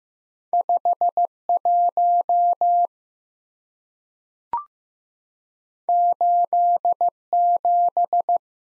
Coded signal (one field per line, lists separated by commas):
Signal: Morse code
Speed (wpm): 15 wpm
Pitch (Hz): 700 Hz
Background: none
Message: 51 87